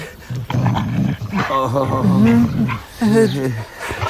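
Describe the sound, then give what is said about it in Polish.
A dog whimpers and barks, its high, wavering whines rising and falling over a low growling rumble, in two loud bursts that fill most of the few seconds. “Dobry piesek. Dobry. Spokojnie.”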